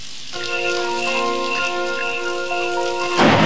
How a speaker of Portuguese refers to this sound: E de repente cai uma chuvinha, né? Cai uma chuva de leve.